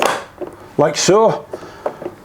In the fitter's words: The hose just pushes in and you'll hear it click like so.